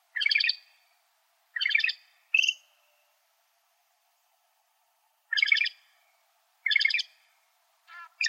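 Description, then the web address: Loggerhead shrike uttering harsh, raspy rattled calls, one followed by a thin whistled note, in spaced bursts with a long pause midway; background otherwise quiet. "Shrikes Vireos LOSH"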